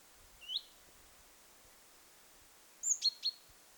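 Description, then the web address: Great tit calls: one thin rising note, then after a pause a quick cluster of three sharp high chips. Young bird, recorded 21 July 2026. "paivat 21 7 2026 kuvien nuori talitiainen aantelee"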